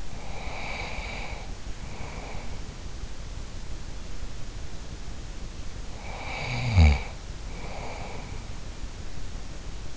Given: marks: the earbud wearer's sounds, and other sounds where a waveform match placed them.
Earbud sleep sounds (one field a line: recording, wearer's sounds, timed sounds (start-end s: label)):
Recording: sounds in sleep by an in-ear microphone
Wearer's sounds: breath, snoring breath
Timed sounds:
0.00-2.74 s: breath
5.86-8.54 s: snoring breath